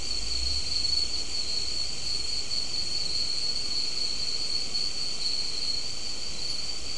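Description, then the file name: Unbroken insect trilling, thin and high, holding an even pitch from start to finish, with a deeper rumbling noise underneath, strongest at the very beginning. "mainly insect"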